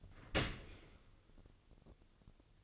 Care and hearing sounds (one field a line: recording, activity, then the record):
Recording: daily activity, microphone in the room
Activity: open dishwasher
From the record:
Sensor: 4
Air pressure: 1001.2 hPa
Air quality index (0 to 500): 178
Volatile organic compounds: 2 ppm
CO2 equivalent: 1270 ppm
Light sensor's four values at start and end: 11/25/10/11 and 11/26/11/11